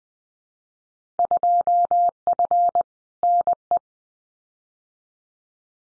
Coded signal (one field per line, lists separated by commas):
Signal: Morse code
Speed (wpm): 20 wpm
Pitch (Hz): 700 Hz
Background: none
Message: 2F NE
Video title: Field Day Exchange 20wpm